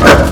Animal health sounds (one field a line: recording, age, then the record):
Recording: pig call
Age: growing-finishing pig (85 days or more)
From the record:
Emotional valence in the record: positive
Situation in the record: run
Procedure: transit